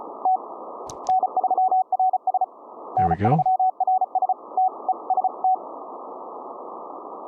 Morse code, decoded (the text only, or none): T N3RS N3RS TEST